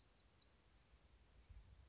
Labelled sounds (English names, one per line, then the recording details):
Blue-gray Gnatcatcher
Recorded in Sonoma County, California